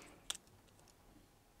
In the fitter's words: just going to push that down in the hole, and you should hear a click.